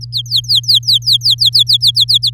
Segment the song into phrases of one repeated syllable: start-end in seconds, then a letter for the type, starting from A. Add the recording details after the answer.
0.01-2.30 A. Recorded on 9 May 2018 at 11:50. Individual llb16